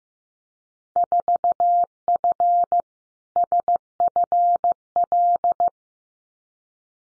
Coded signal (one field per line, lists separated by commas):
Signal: Morse code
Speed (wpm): 15 wpm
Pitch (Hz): 700 Hz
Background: none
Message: 4F SFL